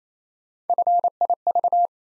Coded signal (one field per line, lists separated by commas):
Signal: Morse code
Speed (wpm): 28 wpm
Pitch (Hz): 700 Hz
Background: none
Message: FIV